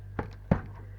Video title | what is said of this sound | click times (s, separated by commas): DİZÜSTÜ BİLGİSAYAR (LAPTOP) HARDDİSK NASIL DEĞİŞTİRİLİR. HARDDİSK ÇIKARMA VE TAKMA | da taktık arkadaşlar hard diskim iz istediğiniz çektim yerine oturdu arkadaşlar dediğim gibi | 0.2 s, 0.5 s